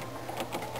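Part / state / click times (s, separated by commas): desktop RAM module into motherboard memory slot / not seated / none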